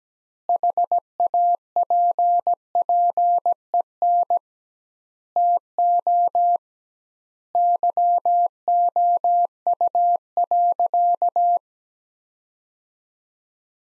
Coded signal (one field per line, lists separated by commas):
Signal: Morse code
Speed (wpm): 17 wpm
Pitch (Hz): 700 Hz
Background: none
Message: HAPPEN TO YOU.